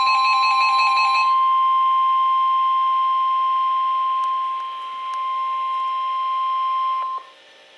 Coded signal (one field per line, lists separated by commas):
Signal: Emergency Alert System (SAME) tones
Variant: 1050 Hz attention tone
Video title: Severe Thunderstorm Warning on 3 Stations (EAS #940-942)